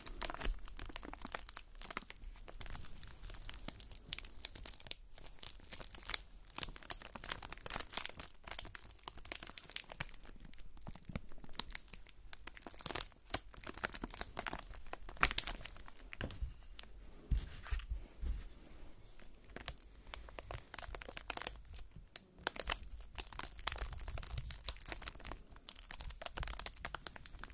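Soap carving: dense, uneven scraping and crinkly crunching continue throughout, with bright, sharp bursts and short gaps, especially around 5, 13, 22 seconds.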